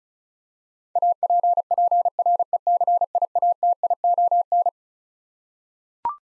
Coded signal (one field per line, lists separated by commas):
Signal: Morse code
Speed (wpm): 36 wpm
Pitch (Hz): 700 Hz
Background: none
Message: APPRECIATION